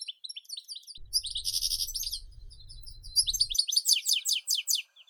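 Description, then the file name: European goldfinch song of high chattering twitters and buzzy trills; a brief low rumble sounds beneath for a couple of seconds. "Golosa ptic - CSHegol Carduelis carduelis"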